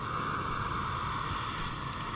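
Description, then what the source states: Rock pipit giving two short, sharp, high-pitched call notes about a second apart, over a steady low hum. Played example; call sharper and shriller than the meadow pipit's.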